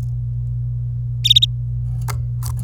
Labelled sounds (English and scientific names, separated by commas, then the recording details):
Domestic Canary (Serinus canaria) song
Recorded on 26 April 2018 at 12:58
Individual llb3